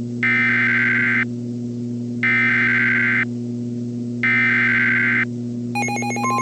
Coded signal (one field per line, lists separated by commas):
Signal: Emergency Alert System (SAME) tones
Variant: header bursts